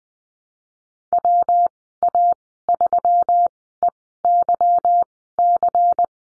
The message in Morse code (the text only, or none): WA3EYC